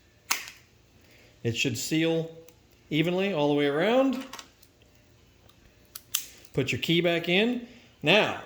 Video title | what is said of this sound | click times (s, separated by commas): Keyfob Remote Battery Replace & What To Do if car doesn't recognize fob Cadillac GMC GM Chevrolet | like that and just push it till it clicks. | 0.3 s